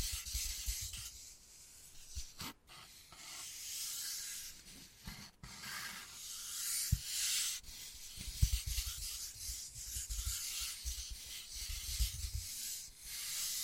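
Wood carving with rough, scratchy scraping strokes that rise and fall in loudness through the whole stretch, with brief pauses around two and a half and five seconds. Soft low thumps and taps land now and then, notably near seven, eight and a half, and twelve seconds.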